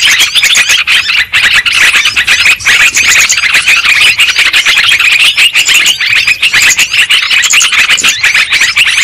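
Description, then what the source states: Lovebirds chattering in a dense flock, shrill squeaky calls overlapping without pause, high and continuous throughout. Lure sound used for trapping lovebirds.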